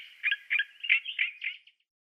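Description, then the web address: Olive-tree Warbler giving a short burst of several scratchy, slurred notes in quick succession, then stopping. "Schulze Peter Olive-tree Warbler song"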